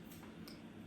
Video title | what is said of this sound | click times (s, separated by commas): Easy Makeup Tutorial!! SEINT cream makeup! | just pops right in and then you can put a lip and cheek | 0.5 s